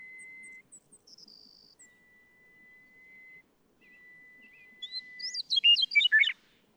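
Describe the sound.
Western meadowlark song arriving near the end as a bright, bubbling phrase, after thin high chips, a drawn-out high note and a long steady tone.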